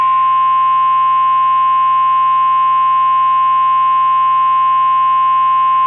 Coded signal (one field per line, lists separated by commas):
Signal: Emergency Alert System (SAME) tones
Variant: 1050 Hz attention tone